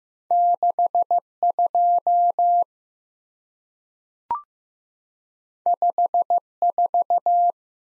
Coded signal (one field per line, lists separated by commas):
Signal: Morse code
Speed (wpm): 15 wpm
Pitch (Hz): 700 Hz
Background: none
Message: 62 54